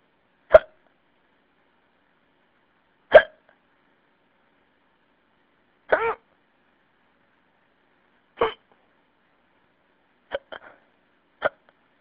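Seven short, sharp, abrupt vocal clicks from an adult, heard over a phone line across twelve seconds. They come at first about every two to three seconds, then closer together and irregular near the end, with silence between them. These are hiccups: sudden involuntary catches of breath cut off by the closing throat.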